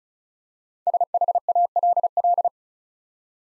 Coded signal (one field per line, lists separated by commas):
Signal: Morse code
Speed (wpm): 36 wpm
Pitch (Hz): 700 Hz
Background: none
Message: SHALL